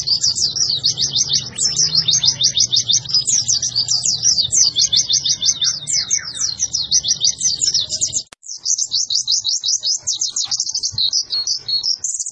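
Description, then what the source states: White-eye song, an unbroken stream of rapid high chattering twitters, briefly interrupted by a sharp click, over low background hum. Lively-singing ('gacor') white-eye song used to train cage birds.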